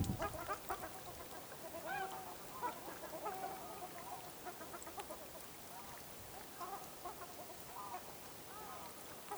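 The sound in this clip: Ruddy shelduck chorus of nasal, goose-like honks, busiest early and thinning to scattered calls later.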